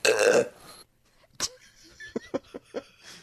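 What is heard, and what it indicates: A loud, rough belch lasting about half a second, followed by faint voice sounds; an adult's burping restored after corrective surgery for retrograde cricopharyngeus dysfunction, the inability to burp.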